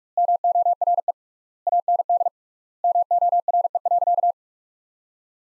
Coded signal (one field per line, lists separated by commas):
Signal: Morse code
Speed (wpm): 46 wpm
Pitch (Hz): 700 Hz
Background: none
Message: MORE AND MORE.